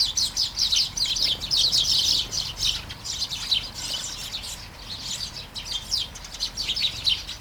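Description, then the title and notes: Sparrows give a chattering stream of high, sharp chirps, several calls every second, thinning in the middle before building again. Flying sparrows in a garden, early morning, during light shower, Taastrup, Denmark; recorded with Sony PCM-D100 internal mics. "Kærengen 8, 2630 Taastrup, Denmark - Flying sparrows. Flying sparrows in the garden, early morning. Light shower. Vols de moineaux dans le jardin, au petit matin. Pluie fine"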